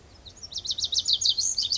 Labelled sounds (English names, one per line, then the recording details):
Pacific Wren
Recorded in Sonoma County, California